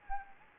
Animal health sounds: mosquito wingbeat signal from an infrared sensor; Anopheles gambiae

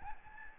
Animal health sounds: mosquito wingbeat signal from an infrared sensor; Aedes albopictus

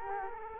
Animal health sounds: mosquito wingbeat signal from an infrared sensor; Culex quinquefasciatus

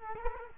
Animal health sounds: mosquito wingbeat signal from an infrared sensor; Culex quinquefasciatus

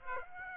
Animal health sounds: mosquito wingbeat signal from an infrared sensor; Aedes aegypti

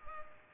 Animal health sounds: mosquito wingbeat signal from an infrared sensor; Culex pipiens

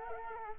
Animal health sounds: mosquito wingbeat signal from an infrared sensor; Culex quinquefasciatus

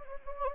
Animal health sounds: mosquito wingbeat signal from an infrared sensor; Anopheles gambiae

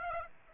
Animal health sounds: mosquito wingbeat signal from an infrared sensor; Aedes aegypti

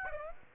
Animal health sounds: mosquito wingbeat signal from an infrared sensor; Aedes aegypti

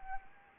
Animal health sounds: mosquito wingbeat signal from an infrared sensor; Anopheles arabiensis

